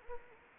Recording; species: mosquito wingbeat signal from an infrared sensor; Anopheles arabiensis